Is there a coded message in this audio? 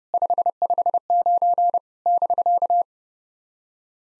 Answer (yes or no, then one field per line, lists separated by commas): yes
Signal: Morse code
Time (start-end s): 0.1-2.8 s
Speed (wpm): 30 wpm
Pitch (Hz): 700 Hz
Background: none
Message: 559 <BK>